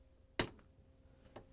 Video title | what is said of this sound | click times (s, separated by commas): How To: Whirlpool/KitchenAid/Maytag Water Level Float WPW10195036 | you want to push it down so you hear it snap into place once | 0.4 s